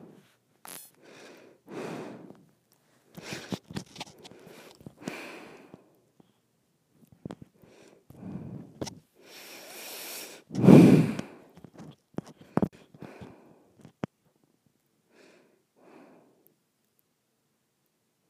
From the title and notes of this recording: ASMR Nose Breathing.